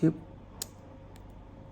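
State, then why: Seated. A silicone quick-release watch band is pushed onto the lug of a Garmin Fenix 5x watch body and snaps into place with a sharp click at 0.6 s, locking by itself. Someone talks briefly at the start, and a fainter tick follows at 1.2 s.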